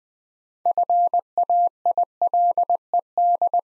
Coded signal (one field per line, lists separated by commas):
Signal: Morse code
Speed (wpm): 20 wpm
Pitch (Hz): 700 Hz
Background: none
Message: FAILED